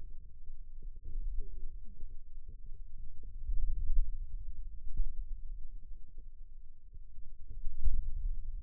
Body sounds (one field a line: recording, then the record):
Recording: forearm muscle sounds (acoustic myography)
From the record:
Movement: pen grasping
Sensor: system 2, bracelet of six BSWA MPA416 microphones around the upper forearm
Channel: 2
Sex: male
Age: 22 years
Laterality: right